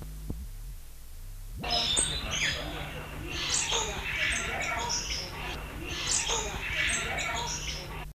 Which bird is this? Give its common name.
Iris Lorikeet